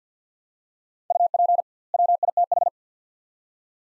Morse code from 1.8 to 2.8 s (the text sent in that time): WITH